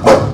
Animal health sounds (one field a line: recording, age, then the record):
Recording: pig call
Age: growing-finishing pig (85 days or more)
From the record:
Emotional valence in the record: positive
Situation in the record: run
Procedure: transit